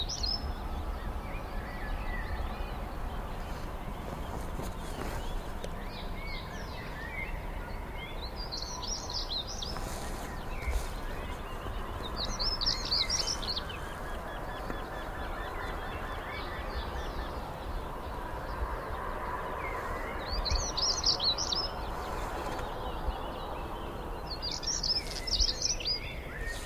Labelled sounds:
European Stonechat (Saxicola rubicola)

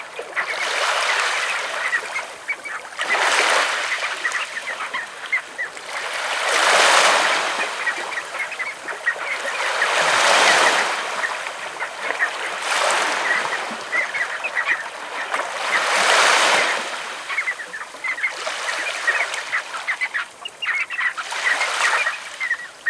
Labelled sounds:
Red Knot (Calidris canutus) call

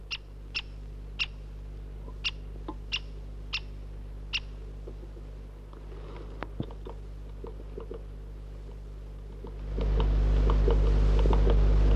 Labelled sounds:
Great Spotted Woodpecker (Dendrocopos major)

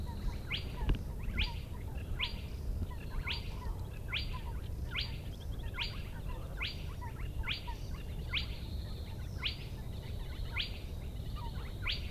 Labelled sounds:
Spotted Crake (Porzana porzana) song

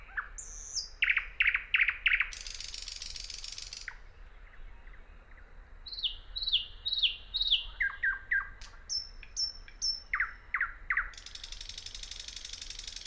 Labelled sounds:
Thrush Nightingale (Luscinia luscinia) song

